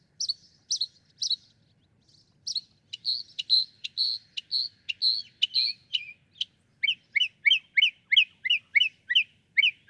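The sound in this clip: Northern mockingbird song: clear high chirps repeated in a run, then a switch to louder slurred notes, then a steady series of sharp dropping notes, each phrase type repeated several times.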